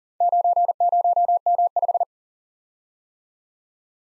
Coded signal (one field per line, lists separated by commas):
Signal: Morse code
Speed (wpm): 44 wpm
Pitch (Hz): 700 Hz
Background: none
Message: 90M5